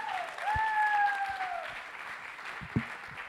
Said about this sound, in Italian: Potevate fare un applauso più bello, però.